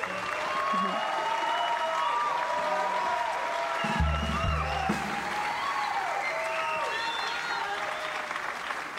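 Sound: audience applause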